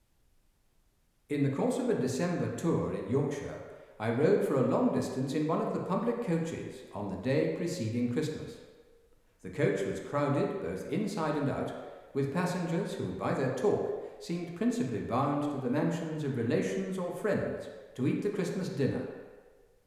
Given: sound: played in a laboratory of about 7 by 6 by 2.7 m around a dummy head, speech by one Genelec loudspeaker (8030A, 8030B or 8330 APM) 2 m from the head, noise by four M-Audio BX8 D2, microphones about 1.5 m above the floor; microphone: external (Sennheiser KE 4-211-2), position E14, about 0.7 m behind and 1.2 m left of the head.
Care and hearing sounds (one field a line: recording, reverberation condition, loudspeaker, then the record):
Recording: male speech in English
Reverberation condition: high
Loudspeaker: 150 degrees to the left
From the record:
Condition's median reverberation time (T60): about 1300 ms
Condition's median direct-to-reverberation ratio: about -4.0 dB